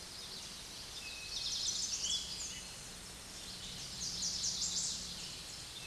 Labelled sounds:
Eastern Towhee (Pipilo erythrophthalmus) song
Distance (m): 45 m
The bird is about 10 m above the microphone
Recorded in a Pennsylvania forest on 16 May 2024 at 06:09
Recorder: AudioMoth, point MSD-0475
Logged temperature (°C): 12.3 °C
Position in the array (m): 106 m, 6 m

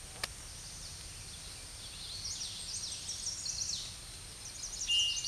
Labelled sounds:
Chestnut-sided Warbler (Setophaga pensylvanica) song
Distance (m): 45 m
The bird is about 15 m above the microphone
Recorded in a Pennsylvania forest on 16 May 2024 at 07:44
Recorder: AudioMoth, point MSD-2494
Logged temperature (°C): 15.6 °C
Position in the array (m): 167 m, 207 m

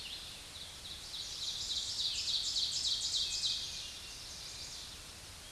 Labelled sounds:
Ovenbird (Seiurus aurocapilla) song
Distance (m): 35 m
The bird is about 15 m above the microphone
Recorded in a Pennsylvania forest on 16 May 2024 at 07:17
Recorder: AudioMoth, point MSD-2146
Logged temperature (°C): 16.7 °C
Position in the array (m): 143 m, 8 m

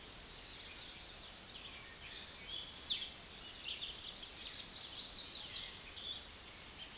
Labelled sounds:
Chestnut-sided Warbler (Setophaga pensylvanica) song
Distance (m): 25 m
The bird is about 10 m above the microphone
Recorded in a Pennsylvania forest on 16 May 2024 at 06:27
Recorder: AudioMoth, point MSD-1360
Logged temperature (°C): 14.8 °C
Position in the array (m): 192 m, 214 m

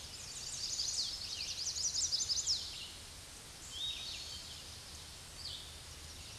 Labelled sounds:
Chestnut-sided Warbler (Setophaga pensylvanica) song
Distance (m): 45 m
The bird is about 20 m above the microphone
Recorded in a Pennsylvania forest on 16 May 2024 at 07:32
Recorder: AudioMoth, point MSD-2208
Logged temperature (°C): 15.2 °C
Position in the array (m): 135 m, 125 m

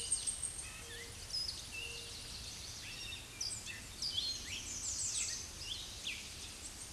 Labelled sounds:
American Redstart (Setophaga ruticilla) song
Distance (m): 25 m
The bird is about 5 m above the microphone
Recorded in a Pennsylvania forest on 16 May 2024 at 07:40
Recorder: AudioMoth, point MSD-2345
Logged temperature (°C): 15.5 °C
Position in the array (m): 116 m, 230 m

